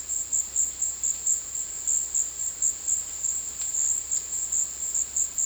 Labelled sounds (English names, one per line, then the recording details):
none
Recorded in secondary vegetation near Puerto Asís, Putumayo, Colombia, on 20 February 2024 at 16:00
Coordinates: 0.481, -76.323
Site G6376